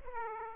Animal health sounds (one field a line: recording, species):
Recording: mosquito wingbeat signal from an infrared sensor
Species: Aedes aegypti